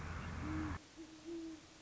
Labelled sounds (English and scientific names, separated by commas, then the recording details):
Great Horned Owl (Bubo virginianus)
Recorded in Sonoma County, California